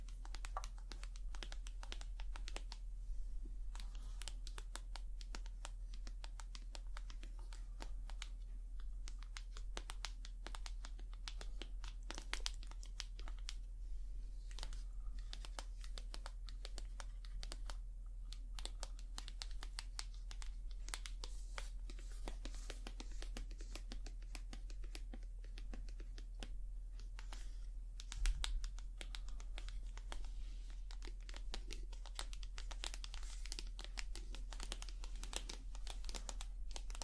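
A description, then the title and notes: Bright tapping and clicking with long nails, dense and irregular throughout, over a steady low hum. ASMR Tapping To Make You Sleep & Relax Long Nails, No Talking.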